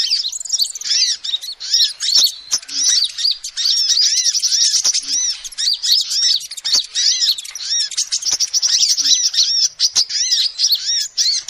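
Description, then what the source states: Lovebird twittering, a continuous, fast stream of shrill squeaky notes and chirps, with sharp clicking sounds now and then. Calls used as a lure (pikat) to trap birds.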